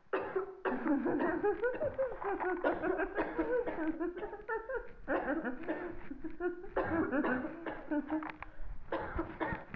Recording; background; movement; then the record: laughter; a bystander coughing; sitting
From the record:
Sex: female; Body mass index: 36.4 kg/m2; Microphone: on the chest, facing the body